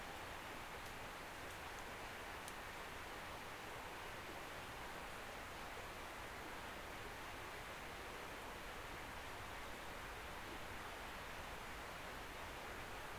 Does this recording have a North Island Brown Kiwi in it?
no